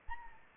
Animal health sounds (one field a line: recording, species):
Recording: mosquito wingbeat signal from an infrared sensor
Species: Anopheles arabiensis